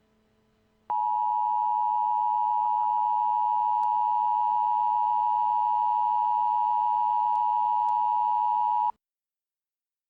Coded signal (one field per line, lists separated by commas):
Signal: Emergency Alert System (SAME) tones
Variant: 853 and 960 Hz attention tone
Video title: Colorado EAS Alert! (Fake!)